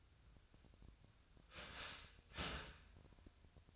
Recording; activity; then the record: daily activity, microphone in the room; start toaster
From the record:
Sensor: 2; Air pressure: 1001.8 hPa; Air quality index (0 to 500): 243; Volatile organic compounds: 35 ppm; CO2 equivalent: 3066 ppm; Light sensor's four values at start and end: 10/31/12/12 and 10/31/12/12